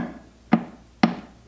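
Two screw heads set close together in a slightly warped plywood panel of a truck-camper kitchen chuck box are pressed closed against a magnet catch. Two sharp clicks sound at 0.5 s and 1.0 s, the second louder, as the screw heads grab the magnet and the panel catches shut.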